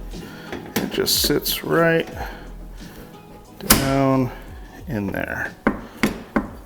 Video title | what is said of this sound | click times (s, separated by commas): Unboxing Starlink - Overlanding Connectivity Solution | it snaps into place | 6.0 s, 6.4 s